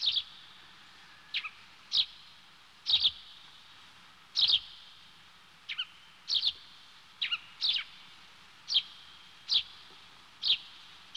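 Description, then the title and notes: Small bird repeating brief high chirps, some in quick pairs, over a soft background hiss. "NHK効果音集 - 2-波・川・小鳥"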